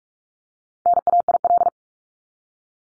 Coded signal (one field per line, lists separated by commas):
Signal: Morse code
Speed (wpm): 44 wpm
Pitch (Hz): 700 Hz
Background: none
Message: NAIL